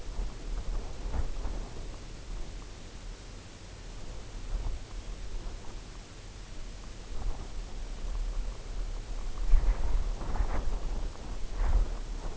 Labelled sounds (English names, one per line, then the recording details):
none
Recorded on Arctic tundra, site UTQI-0, on 14 June 2019
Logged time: 02:00